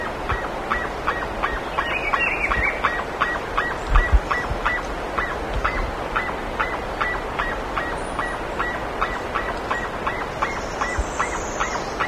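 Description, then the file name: Bird calls: a fast, unbroken string of short nasal notes, almost three per second, with brief high twitters in the background. "SABIOD 50 bird 2015"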